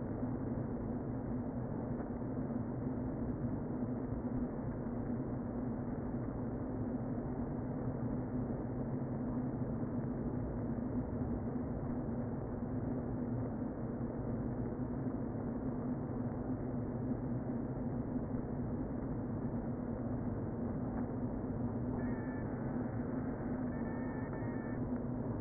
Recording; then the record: honeybee colony, microphone inside the hive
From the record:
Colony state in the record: queen present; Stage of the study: before two queens were removed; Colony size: about 60,000 bees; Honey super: yes